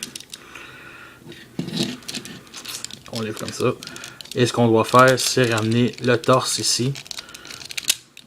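Someone talks while transforming a plastic Transformers action figure, bringing the torso up and pressing it into the body. A short run of light plastic clicks ends in a sharp snap at 7.9 s as the torso clips into place.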